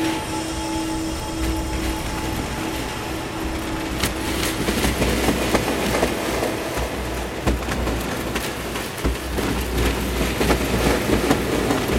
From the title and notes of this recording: The Green House is made of polycarbonate. Makes interesting banging noises when it's windy.